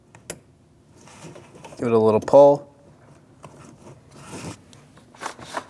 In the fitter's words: Push until you hear a click.